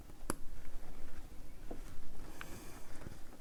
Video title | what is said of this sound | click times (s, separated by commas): How to Make a Memory Bear step-by-step guide | your safety cap on listen for the clicks and there | 0.3 s